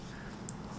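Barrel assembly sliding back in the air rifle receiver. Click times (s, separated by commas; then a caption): 0.5 s. During takedown of a Colt/Umarex M4-style air rifle, the metal barrel assembly is pushed straight back in the receiver, which is covered with a cloth. A single sharp click is heard at 0.5 s over a low steady background. The barrel assembly moves back and releases the tension on a small spring and screw.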